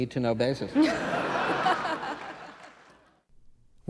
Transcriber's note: laughter